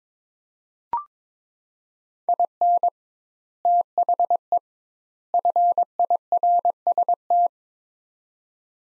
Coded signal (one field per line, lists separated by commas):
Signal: Morse code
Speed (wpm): 22 wpm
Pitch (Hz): 700 Hz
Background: none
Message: IN THE FIRST